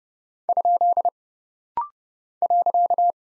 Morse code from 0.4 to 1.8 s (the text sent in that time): ?